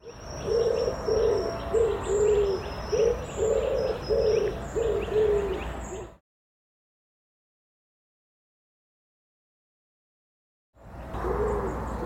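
Bird calling with low, soft cooing notes repeated steadily, faint high thin whistles above; a silent gap, then the cooing resumes.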